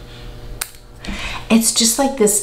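A snap-on cap, likely plastic or resin, is pushed onto a fountain pen body, giving one sharp hit at 0.6 s as it closes and seats. The fit is by friction rather than a click. Someone then talks.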